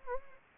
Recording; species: mosquito wingbeat signal from an infrared sensor; Anopheles gambiae